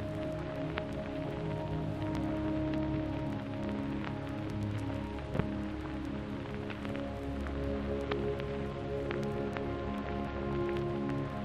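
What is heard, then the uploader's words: Repetitive ambient music of steady held tones sits on a constant bed of vinyl record noise. Dense crackle and scattered sharp clicks run throughout, with a slightly louder pop near the five-second mark, while the level stays even for the whole clip. Calming Music with Vinyl Record Sounds. This episode is: atmosphere repetitive music on a bed of the soothing noise of a vinyl record.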